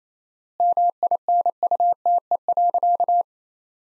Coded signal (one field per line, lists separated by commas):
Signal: Morse code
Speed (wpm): 28 wpm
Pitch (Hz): 700 Hz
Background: none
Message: MINUTE.